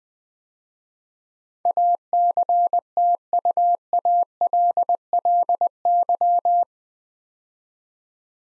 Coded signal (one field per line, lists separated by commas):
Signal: Morse code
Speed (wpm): 20 wpm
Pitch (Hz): 700 Hz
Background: none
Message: ACTUALLY